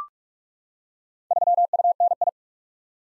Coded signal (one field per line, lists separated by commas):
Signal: Morse code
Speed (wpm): 44 wpm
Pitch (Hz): 700 Hz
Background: none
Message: 3UNI